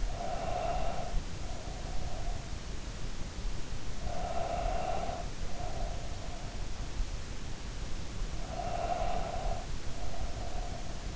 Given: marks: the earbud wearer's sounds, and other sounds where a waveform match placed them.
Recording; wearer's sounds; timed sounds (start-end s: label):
sounds in sleep by an in-ear microphone; breath
0.00-2.45 s: breath
3.90-6.47 s: breath
8.17-11.16 s: breath